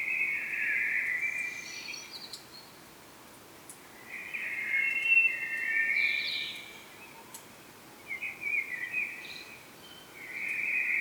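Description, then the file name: Common blackbird producing a series of rich warbled phrases with twittery high endings, repeated every few seconds. "Turdus merula"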